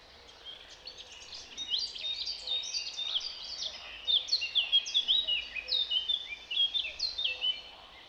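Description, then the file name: Eurasian blackcap song, a fast, rich warble of varied whistled and scratchy notes, starting quietly and swelling louder in the second half. "Sylvia atricapilla"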